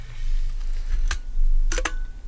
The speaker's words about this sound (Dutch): Dat is het echte geluid van een sluiter die open en dicht gaat. Nog een keer.